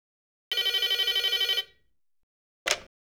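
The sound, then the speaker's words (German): A telephone rings for a call to a hotel reception, with one bright, rapidly trilling electronic burst lasting about a second, then falls silent before a brief second ring starts and cuts off abruptly. “Hören Sie jetzt das Telefongespräch und vergleichen Sie mit Ihrer Lösung.”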